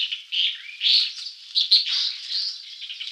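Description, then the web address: White-rumped swift uttering a near-continuous, buzzy, trilling screech that wavers in loudness, with a brief louder squeak breaking through at the end. "Schulze Peter White-rumped Swift"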